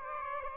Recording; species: mosquito wingbeat signal from an infrared sensor; Aedes aegypti